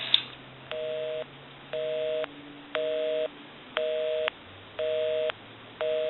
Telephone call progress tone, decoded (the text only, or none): busy tone